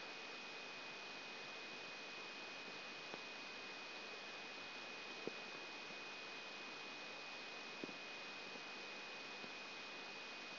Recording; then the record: brain microelectrode recording played as sound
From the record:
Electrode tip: outside the subthalamic nucleus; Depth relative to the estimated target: -2 mm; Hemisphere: left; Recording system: AlphaMap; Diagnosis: Parkinson's disease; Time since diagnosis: 14 years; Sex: male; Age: 56 years